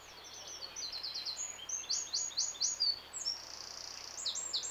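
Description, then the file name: Eurasian wren song, a fast, high outpouring of sharp notes and rattling trills that runs almost the whole time over a steady hiss. "Troglodytes troglodytes"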